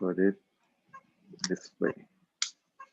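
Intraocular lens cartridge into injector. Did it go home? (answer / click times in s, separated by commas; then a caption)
yes / 2.4 s. Someone talks while orienting an EyeCryl phakic intraocular lens cartridge and pushing it home into the injector. A sharp click sounds at 2.4 s as the cartridge seats in place.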